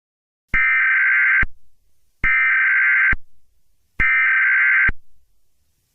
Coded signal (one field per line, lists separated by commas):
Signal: Emergency Alert System (SAME) tones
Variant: header bursts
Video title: eas scenario catemojibabyheat part 12